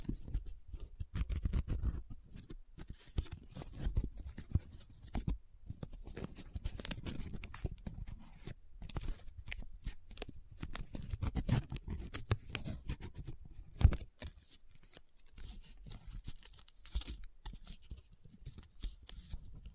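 Close-up paper being folded, rubbed and crinkled, a dense run of dry rustling and scratching that stops and starts throughout. Soft low thumps of handling sit beneath the crackle, and a single sharp snap stands out near the fourteen-second mark.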